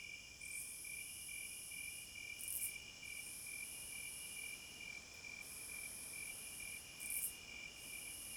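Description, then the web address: Crickets chirping in a rapid regular trill, with a high continuous insect band broken by gaps and two brief louder high bursts. Night forest ambience, described as a midnight concert. "Sounds of Nature Hypnotizing Forest- Wolves, Crickets, Owls and Singing Birds Midnight Concert"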